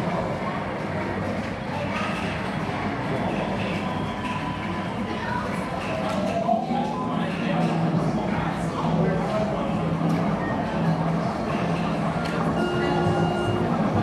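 A gaming arcade hums with a dense, steady wash of noise that stays level throughout. Electronic tones and short beeps ring out over it, with repeating low pulsing notes after the halfway point and murmuring voices mixed into the din.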